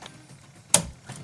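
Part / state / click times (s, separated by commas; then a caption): memory module into motherboard DIMM slot / seated / 0.7 s. A RAM stick is pushed down into a motherboard DIMM slot that has latch tabs only on the top end, and the top tab snaps shut with one sharp, loud click at 0.7 s that rings briefly. Faint small ticks come before and after it, and the memory module is seated.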